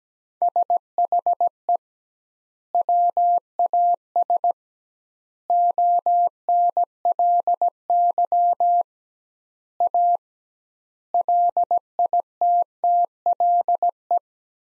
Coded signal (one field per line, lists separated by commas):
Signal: Morse code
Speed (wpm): 17 wpm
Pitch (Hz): 700 Hz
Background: none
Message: SHE WAS ONLY A LITTLE